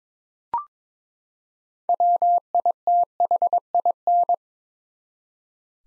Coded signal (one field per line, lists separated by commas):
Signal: Morse code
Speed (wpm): 22 wpm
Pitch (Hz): 700 Hz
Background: none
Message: WITHIN